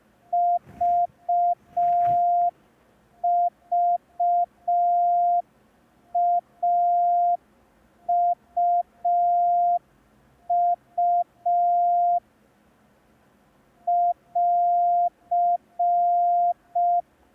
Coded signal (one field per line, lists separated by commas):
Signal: Morse code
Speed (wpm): 5 wpm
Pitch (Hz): 700 Hz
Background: none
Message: VVAUU <AR>